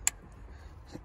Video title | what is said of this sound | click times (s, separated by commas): Intercooler hoses & throttle body replacement on Land Rover Freelander 2 / LR2 | there's a click there. So that's the motor connector. | 0.1 s